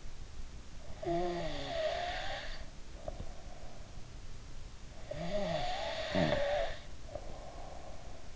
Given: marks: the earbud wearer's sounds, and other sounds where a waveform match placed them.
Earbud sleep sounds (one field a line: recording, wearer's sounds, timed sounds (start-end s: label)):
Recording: sounds in sleep by an in-ear microphone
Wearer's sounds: snoring breath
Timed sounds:
0.89-4.09 s: snoring breath
4.97-8.36 s: snoring breath